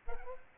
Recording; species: mosquito wingbeat signal from an infrared sensor; Culex pipiens